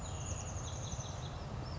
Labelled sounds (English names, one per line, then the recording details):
Chestnut-backed Chickadee
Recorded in Sonoma County, California